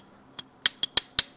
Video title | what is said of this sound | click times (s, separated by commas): 1972 Yamaha 250 MX transmission install, assemble cases | feel it and hear it snap in and | 1.0 s